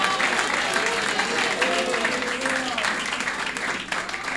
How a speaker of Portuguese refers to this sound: Amados ouvintes. E as palmas para Jesus. Oh, glória a Deus.